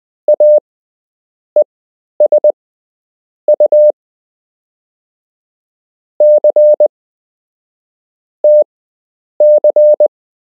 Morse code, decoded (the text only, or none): AESU C TC